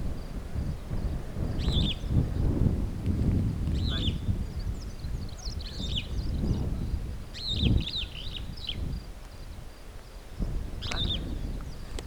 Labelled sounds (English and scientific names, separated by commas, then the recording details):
Superb Starling (Lamprotornis superbus) flight call
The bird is a female
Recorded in Kenya on 18 June 2010
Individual 37, of group DRT2